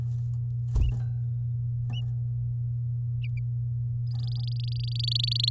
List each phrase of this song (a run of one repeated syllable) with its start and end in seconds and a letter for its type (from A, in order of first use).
4.11-5.49 A